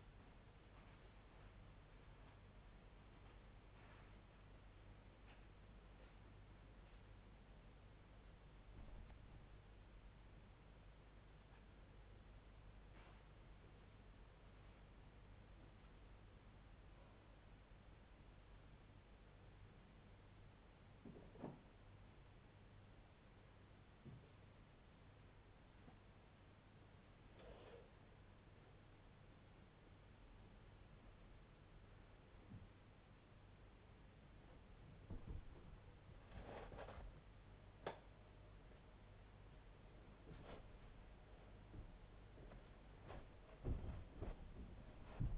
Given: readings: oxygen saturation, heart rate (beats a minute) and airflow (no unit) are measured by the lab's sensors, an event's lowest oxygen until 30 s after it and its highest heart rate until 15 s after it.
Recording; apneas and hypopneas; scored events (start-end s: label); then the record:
a person awake in a sleep study, by a voice recorder at the bedside; none
none scored
From the record:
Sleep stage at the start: awake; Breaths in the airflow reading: 18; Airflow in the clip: -1.1 to 1.3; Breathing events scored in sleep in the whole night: 158 in 7.3 hours asleep